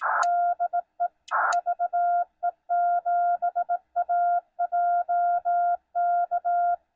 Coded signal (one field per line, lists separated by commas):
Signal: Morse code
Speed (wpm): 18 wpm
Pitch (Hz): 700 Hz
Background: none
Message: DE VE7AJK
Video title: Parks on the Air CW Newbie Activation: West Shawnigan Provincial Park CA-4281